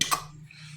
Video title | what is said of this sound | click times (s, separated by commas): Wood stove cleaning | locks back in I don't know if you can hear that or not but now my drill bit won't come out | 0.0 s